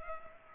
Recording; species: mosquito wingbeat signal from an infrared sensor; Culex pipiens